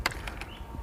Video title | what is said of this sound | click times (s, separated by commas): Aquabot Pool Cleaner Quickstart Video | lock it into place by pulling down the spring lock | 0.1 s